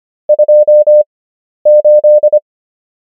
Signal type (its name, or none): Morse code